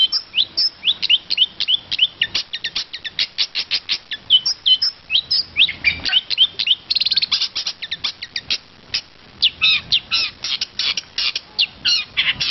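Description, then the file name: Long-tailed shrike singing a rapid, nearly unbroken chatter of high chips and trilled notes, with scratchy phrases mixed in. Song filled with varied imitated phrases (isian variasi). "suara cendet isian variasi"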